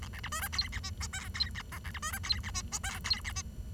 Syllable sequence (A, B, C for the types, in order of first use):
A B C D E F A G H I F A G B C D E F A G H I F A G